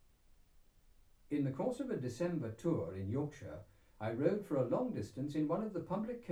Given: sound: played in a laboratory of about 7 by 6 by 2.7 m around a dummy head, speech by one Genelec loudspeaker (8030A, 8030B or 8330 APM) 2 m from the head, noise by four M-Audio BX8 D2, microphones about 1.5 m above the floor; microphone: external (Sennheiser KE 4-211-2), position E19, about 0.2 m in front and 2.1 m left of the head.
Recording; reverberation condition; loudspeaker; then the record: male speech in English; low; behind (180 degrees)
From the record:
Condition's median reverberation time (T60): about 310 ms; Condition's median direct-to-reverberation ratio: about 3.5 dB